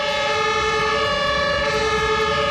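Several airport fire brigade sirens at Düsseldorf Airport wail together in a loud, steady, layered chord of sustained high tones. They sound late in the evening in honour of Air Berlin as its very last flight lands from Rome. The sirens hold continuously without pause, with no voices.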